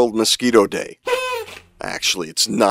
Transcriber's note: party horn sound